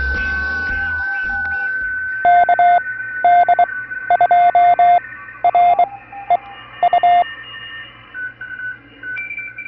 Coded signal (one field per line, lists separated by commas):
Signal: Morse code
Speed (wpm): 23 wpm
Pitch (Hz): 700 Hz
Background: radio noise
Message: KD2REU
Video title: Vintage Radio Flea Market Day: We Got DESPERATE For a Hamfest and THIS is What Happened!